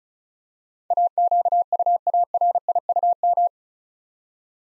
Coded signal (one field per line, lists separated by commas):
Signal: Morse code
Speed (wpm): 36 wpm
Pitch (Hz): 700 Hz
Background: none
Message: AQUARIUM